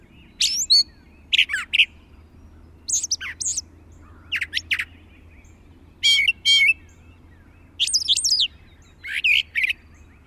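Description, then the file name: Brown thrasher song: a run of varied, harsh-edged and whistled phrases, many given twice in quick succession, separated by short pauses, with a steady low hum underneath. "suara kicauan brown thrasher. omkicau"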